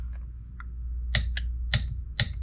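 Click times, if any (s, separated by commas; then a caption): 2.2 s. A torque wrench with an Allen bit tightens the transfer case fill/drain plug on a 1998 Jeep Cherokee, with faint ratcheting followed by sharp loud hits at about 1.2 s and 1.7 s. The wrench clicks at its 30 ft-lb setting at 2.2 s, confirming the plug is torqued.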